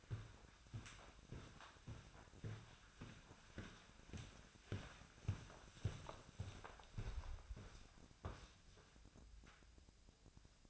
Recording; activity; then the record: daily activity, microphone in the room; walk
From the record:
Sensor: 2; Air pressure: 1009.2 hPa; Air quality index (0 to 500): 180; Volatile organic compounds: 2 ppm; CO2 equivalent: 1310 ppm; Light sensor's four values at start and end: 48/123/53/59 and 48/125/54/60